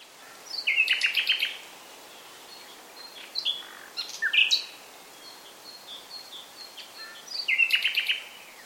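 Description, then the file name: Common nightingale song opening and closing with loud rattling trills, with scattered whistles and sharp notes between, against faint steady background noise. "Luscinia megarhynchos"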